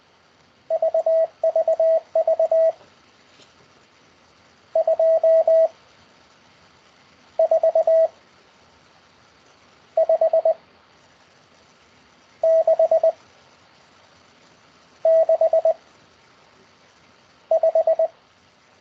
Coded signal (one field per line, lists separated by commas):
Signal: Morse code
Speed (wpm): 20 wpm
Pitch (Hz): 650 Hz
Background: none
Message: VVV 2 4 5 6 6 5